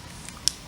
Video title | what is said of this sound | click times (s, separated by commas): Daytona Twin Tec - How To Series - Twin Tuner for Harley Davidson | now that you have all the wires clicked into place you want to double check and make sure that they're actually on top of the shoulder | 0.5 s